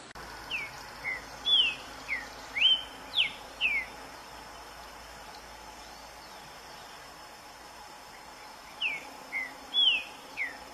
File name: canto do trinca ferro verdadeiro